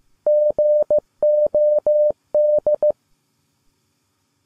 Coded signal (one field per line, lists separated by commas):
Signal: Morse code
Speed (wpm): 15 wpm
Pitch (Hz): 600 Hz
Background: none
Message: GOD